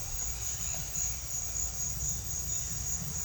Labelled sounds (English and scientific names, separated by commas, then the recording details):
none
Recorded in secondary vegetation near Puerto Asís, Putumayo, Colombia, on 4 March 2025 at 17:00
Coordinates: 0.498, -76.327
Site G001